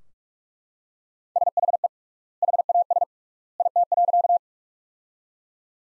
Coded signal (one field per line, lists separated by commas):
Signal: Morse code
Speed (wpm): 42 wpm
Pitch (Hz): 700 Hz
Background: none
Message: SHE HAS IT.